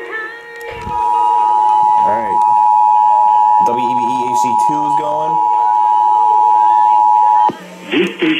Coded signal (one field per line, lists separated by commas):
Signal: Emergency Alert System (SAME) tones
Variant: 853 and 960 Hz attention tone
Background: speech